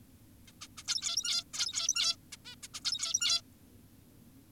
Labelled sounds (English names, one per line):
Zebra Finch